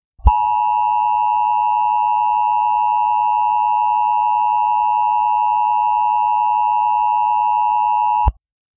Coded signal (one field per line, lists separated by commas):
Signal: Emergency Alert System (SAME) tones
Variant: 853 and 960 Hz attention tone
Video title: Michigan Coronavirus Emergency alert broadcast April 24